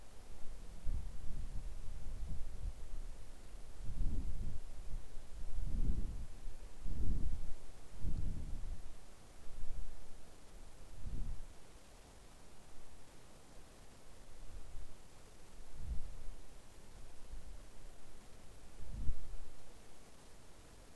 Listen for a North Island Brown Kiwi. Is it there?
no